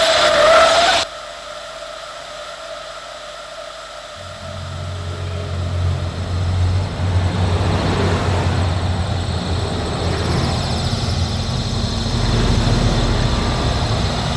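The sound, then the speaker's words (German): A car drives along a highway leaving San Jose in light traffic: a steady, broad rush of road and engine noise with a low droning hum, swelling slightly a few times, after a brief higher tone at the start. “ich fahre soeben von San Jose ab. Ja, auf dem Highway.”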